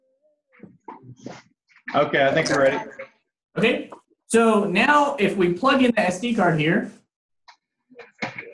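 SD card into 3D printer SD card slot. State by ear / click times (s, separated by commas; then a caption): seated / 8.2 s, 8.4 s. An SD card is pushed, gold contacts up, into the SD card slot of a 3D printer while someone talks. Near the end, short clicks are heard at 8.2 and 8.4 seconds as the card seats into the slot.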